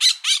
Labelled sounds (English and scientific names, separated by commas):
Brown-throated Parakeet (Eupsittula pertinax) contact call